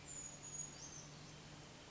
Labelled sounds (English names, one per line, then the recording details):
Brown Creeper
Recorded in Sonoma County, California